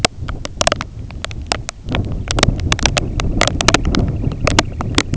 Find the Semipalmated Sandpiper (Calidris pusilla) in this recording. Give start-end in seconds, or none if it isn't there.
2.05-5.14